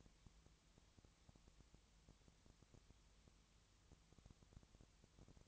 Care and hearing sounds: daily activity, microphone in the room; no activity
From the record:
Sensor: 3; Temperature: 20.6 degrees Celsius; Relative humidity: 34.7%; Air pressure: 1007.2 hPa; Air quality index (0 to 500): 137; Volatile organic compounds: 3 ppm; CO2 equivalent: 1529 ppm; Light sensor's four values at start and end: 2/3/2/2 and 2/3/2/2

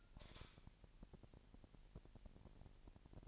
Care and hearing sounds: daily activity, microphone in the room; light on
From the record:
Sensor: 5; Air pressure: 1002.0 hPa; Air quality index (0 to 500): 235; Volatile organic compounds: 35 ppm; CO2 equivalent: 3068 ppm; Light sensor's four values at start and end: 16/37/15/16 and 16/39/16/17

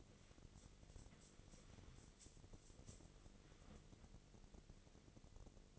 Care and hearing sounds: daily activity, microphone in the room; wipe stove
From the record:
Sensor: 4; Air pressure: 1001.3 hPa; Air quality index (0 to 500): 186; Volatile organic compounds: 3 ppm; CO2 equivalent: 1332 ppm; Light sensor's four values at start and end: 13/30/12/13 and 13/30/12/13

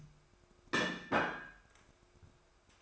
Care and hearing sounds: daily activity, microphone in the room; place plate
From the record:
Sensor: 2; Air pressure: 1004.2 hPa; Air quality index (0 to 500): 189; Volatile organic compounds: 11 ppm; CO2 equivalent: 2268 ppm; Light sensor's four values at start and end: 4/9/3/3 and 4/9/3/3

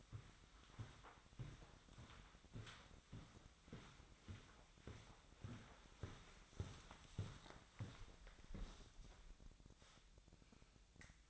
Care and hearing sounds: daily activity, microphone in the room; walk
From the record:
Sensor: 3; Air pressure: 1009.3 hPa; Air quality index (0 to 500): 194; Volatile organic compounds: 4 ppm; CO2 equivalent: 1569 ppm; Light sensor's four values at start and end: 57/145/64/67 and 59/151/67/69

